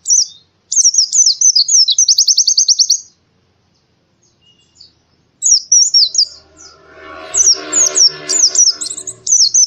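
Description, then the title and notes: Canary trilling quickly, falling silent, then resuming with chirped phrases over a noisier background. Long-duration canary song used as masteran material for training birds. "Kicauan Kenari Durasi Panjang 1. Masteran Burung Lengkap"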